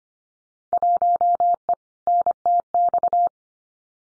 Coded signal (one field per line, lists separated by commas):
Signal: Morse code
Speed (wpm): 25 wpm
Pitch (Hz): 700 Hz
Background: none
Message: 1E NTX